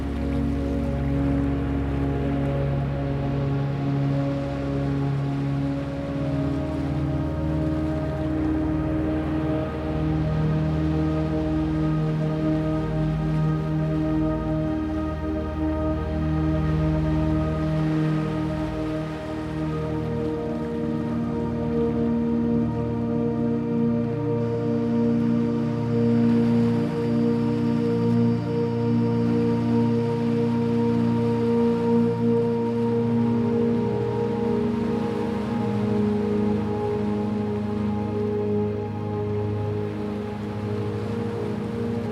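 Slow, sustained music of long held tones and soft drones shifts gradually in pitch, with warm low notes and ringing mid tones much like a singing bowl. Underneath runs a steady wash like ocean surf or rain, evenly loud throughout.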